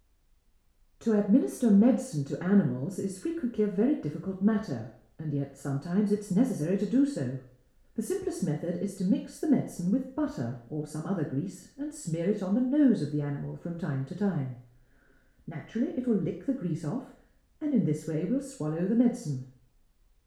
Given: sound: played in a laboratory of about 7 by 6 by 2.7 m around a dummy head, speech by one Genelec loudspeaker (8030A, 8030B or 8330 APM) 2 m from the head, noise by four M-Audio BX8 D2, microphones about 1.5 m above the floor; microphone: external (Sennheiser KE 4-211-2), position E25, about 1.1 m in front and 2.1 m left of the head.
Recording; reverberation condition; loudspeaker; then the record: female speech in English; medium; 60 degrees to the left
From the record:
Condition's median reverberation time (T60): about 510 ms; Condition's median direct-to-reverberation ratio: about -0.5 dB